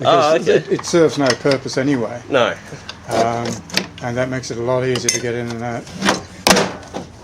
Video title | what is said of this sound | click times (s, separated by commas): Vectrix disassembly (Lithium Conversion P02) | all righty when you hear that click you're free | 6.5 s